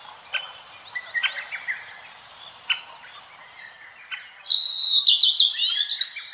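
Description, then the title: Blue-and-white flycatcher song: softer scattered chirps, then a loud, high warbled phrase of slurred whistles that breaks into quick varied notes. Recorded at Kirifuri Highlands, Tochigi Prefecture, Japan. "朝の小鳥. 霧降高原（栃木県）のオオルリ"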